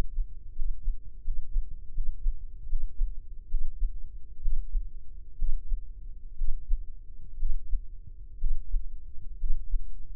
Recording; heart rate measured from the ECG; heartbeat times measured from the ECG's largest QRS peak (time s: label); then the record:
heart sounds by microphone in the left ear; 68 bpm
0.52 s: heartbeat
1.21 s: heartbeat
1.91 s: heartbeat
2.66 s: heartbeat
3.47 s: heartbeat
4.39 s: heartbeat
5.35 s: heartbeat
6.35 s: heartbeat
7.36 s: heartbeat
8.37 s: heartbeat
9.37 s: heartbeat
From the record:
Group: healthy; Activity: Valsalva maneuver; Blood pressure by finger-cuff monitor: 127/78 mmHg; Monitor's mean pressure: 93 mmHg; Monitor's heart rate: 66 bpm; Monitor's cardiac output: 5.9 L/min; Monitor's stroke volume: 80 mL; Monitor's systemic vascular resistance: 1150 dyn s/cm5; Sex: female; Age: 23 years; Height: 160 cm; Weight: 50.4 kg